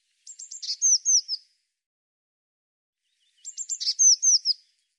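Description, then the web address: Bird calling in two high, bright phrases, each a quick run of chirps ending in downslurred notes, about three seconds apart, with silence between. "cianscape birddata Deverinetal 2025 File cleaned normalized Bird Cy Ca"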